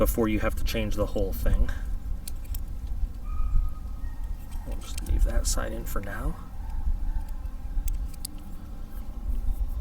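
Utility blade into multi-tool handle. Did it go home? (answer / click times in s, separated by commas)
yes / 8.2 s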